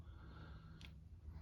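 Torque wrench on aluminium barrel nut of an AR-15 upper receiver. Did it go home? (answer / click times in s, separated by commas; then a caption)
no / none. A click-type torque wrench set to 35 ft-lb is put on the aluminium barrel nut of an AR-15 upper receiver to check its torque, and the nut turns loose before the wrench breaks over, meaning it was under 35 ft-lb. A steady low hum runs throughout, with a brief sharp burst near 0.9 s. The wrench has not clicked over.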